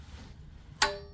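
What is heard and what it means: A click-type torque wrench set to 18.5 ft-lb tightens the oil filter housing cap on a 2013–2015 Lexus ES350 / Toyota Camry during an oil change. After a quiet lead-in, the wrench gives one sharp metallic click at 0.8 s with a brief ringing tail, confirming the cap has reached its torque setting.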